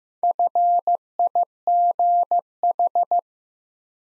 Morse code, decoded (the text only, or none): FIGH